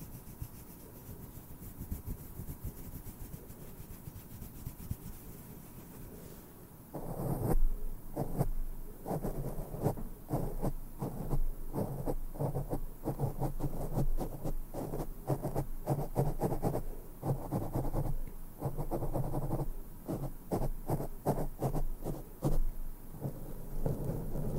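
A microphone is brushed with no talking. The first seven seconds hold a soft, low rumbling rustle, then the brushing turns intense: rapid, dense scratchy strokes in quick bursts, with brief gaps near 13, 18 and 22 seconds, steady low thudding underneath.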